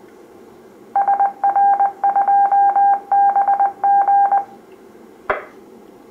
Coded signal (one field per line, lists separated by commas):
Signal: Morse code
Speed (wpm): 20 wpm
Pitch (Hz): 800 Hz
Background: none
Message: SR2BG